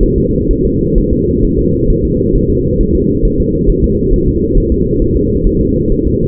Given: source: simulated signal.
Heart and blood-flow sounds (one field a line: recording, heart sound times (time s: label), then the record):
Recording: fetal heart sounds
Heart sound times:
0.03 s: S1
0.18 s: S2
0.51 s: S1
0.65 s: S2
0.98 s: S1
1.13 s: S2
1.45 s: S1
1.59 s: S2
1.90 s: S1
2.05 s: S2
2.36 s: S1
2.50 s: S2
2.81 s: S1
2.95 s: S2
3.25 s: S1
3.40 s: S2
3.69 s: S1
3.84 s: S2
4.14 s: S1
4.28 s: S2
4.58 s: S1
4.72 s: S2
5.02 s: S1
5.17 s: S2
5.47 s: S1
5.61 s: S2
5.92 s: S1
6.07 s: S2
From the record:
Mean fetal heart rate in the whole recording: 130 bpm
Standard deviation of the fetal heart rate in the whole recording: 4 bpm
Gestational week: 38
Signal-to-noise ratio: -14.7 dB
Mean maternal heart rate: 72 bpm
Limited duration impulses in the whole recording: present